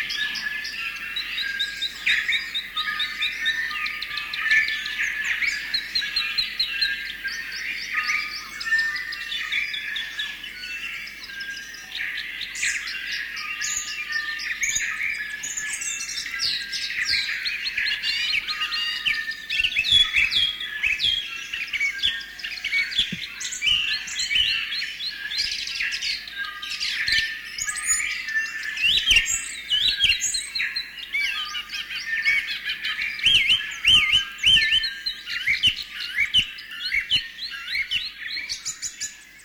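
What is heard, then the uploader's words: A dense dawn chorus of bellbirds, their bright ringing notes and chirps overlapping continuously for the whole stretch with hardly a pause. One or two singers sound close while many others fill in behind, all high and clear, with a faint low rumble beneath. Dawn chorus with bellbird/korimako in the foreground. Birds singing from silver beech trees in Abel Tasman National Park.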